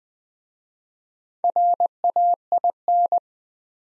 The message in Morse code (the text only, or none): RAIN